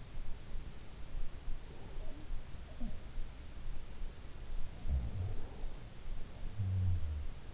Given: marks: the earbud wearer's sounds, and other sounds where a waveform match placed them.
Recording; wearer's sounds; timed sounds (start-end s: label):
sounds in sleep by an in-ear microphone; breath
1.48-2.20 s: breath
2.02-3.16 s: sound from someone else or the room
4.69-7.54 s: sound from someone else or the room